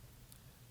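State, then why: Seated. A plastic toe piece on the leg of a Transformers EarthSpark Cyber-Combiner toy robot figure is flipped all the way down during transformation. A single short, sharp click at 0.3 s stands out over a quiet, steady low hum as the toe snaps into place and seats.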